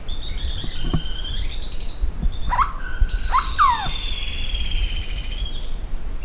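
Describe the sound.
Bird giving long thin whistled notes and short downslurred calls, several overlapping, over a steady low rumble of background noise.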